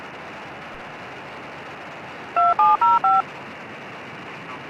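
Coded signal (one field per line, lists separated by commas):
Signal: DTMF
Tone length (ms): 180 ms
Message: 2705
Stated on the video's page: Local 2m traffic including FM simplex, SSB, AllStarLink node, D-Star reflector cross-moded to DMR and YSF, and a rail transit NXDN VHF system on scan.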